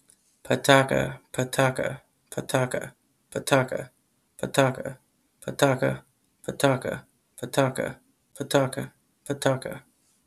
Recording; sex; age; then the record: repeated syllables /pa ta ka/; male; 30 to 39 years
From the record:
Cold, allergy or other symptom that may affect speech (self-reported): no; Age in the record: 33 years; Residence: United States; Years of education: 12